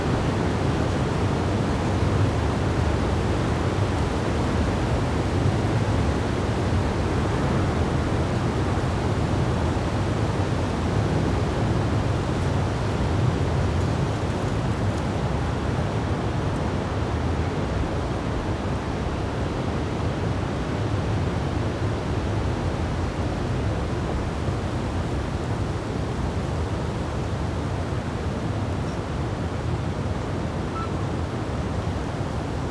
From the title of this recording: Gentle Breeze Blows Through the Night